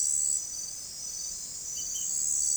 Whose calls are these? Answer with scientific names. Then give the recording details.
none. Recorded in forest near Pivijay, Magdalena, Colombia, on 5 June 2023 at 03:00. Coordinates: 10.467, -74.380. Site Z5-G034